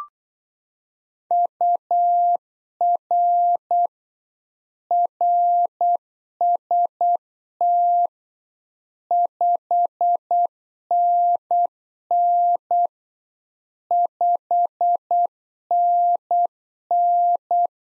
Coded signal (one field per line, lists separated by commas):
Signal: Morse code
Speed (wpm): 8 wpm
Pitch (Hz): 700 Hz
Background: none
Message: UR RST 5NN 5NN